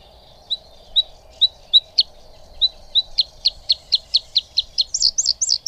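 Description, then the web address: Bluethroat song: spaced single ringing notes that quicken into a rapid repeated series, ending in high twisting warbled notes. "Madardalok - Kékbegy"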